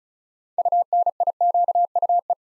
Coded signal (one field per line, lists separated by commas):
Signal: Morse code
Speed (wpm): 36 wpm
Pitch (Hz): 700 Hz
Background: none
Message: UNIQUE